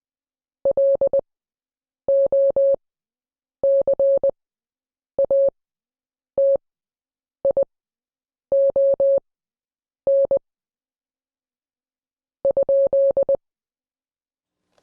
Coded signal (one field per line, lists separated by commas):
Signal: Morse code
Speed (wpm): 20 wpm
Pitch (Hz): 550 Hz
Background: none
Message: LOCATION ?